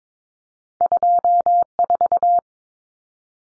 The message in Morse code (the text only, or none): 24